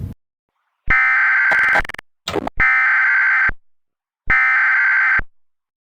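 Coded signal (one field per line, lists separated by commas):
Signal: Emergency Alert System (SAME) tones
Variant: header bursts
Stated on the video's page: Recreation of another creator's fictional scenario; not a real alert.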